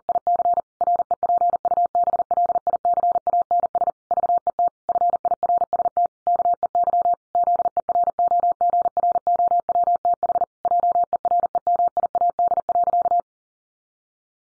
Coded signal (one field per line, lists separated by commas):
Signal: Morse code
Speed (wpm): 40 wpm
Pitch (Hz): 700 Hz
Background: none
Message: IC REPUBLICANS VET FIRST KEY ZEROGROWTH JEREMIAD.